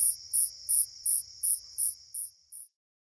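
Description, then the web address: Slightly musical conehead singing eight short, high buzzy bursts at an even pace of roughly three per second, then stopping, with a faint continuous high hum beneath that stops with them. North America. "Songs of Insects. Slightly Musical Conehead"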